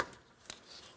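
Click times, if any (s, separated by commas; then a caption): 0.5 s. A plastic breather hose quick-connector on a 2015-2025 Ford Transit 250 3.7L V6 is pressed all the way onto its engine port while the small tab is held in the unlocked position, during a valve cover replacement. A short, sharp click sounds at 0.5 s over a quiet background. The connector is seated, and the locking tab is then checked.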